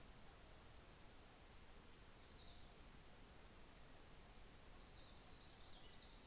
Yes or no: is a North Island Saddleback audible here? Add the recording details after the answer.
no. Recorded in New Zealand on 24 December 2018. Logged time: 15:05